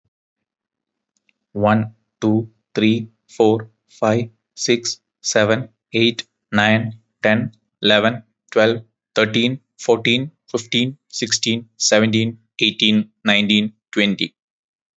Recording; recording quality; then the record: counting at a normal pace; excellent, no background noise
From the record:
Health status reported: exposed to COVID-19, no respiratory illness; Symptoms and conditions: none ticked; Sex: male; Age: 25 years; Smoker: not ticked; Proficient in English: yes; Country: India